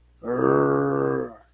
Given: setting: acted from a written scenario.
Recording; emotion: vocal sound without words; anger